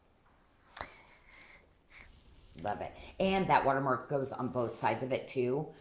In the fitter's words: It's going to have that little closure on it that will just snap right in.